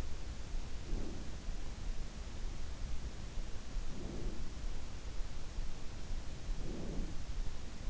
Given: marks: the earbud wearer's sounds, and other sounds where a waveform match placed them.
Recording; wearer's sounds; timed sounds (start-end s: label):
sounds in sleep by an in-ear microphone; breath
0.70-1.43 s: breath
3.69-4.45 s: breath
6.51-7.32 s: breath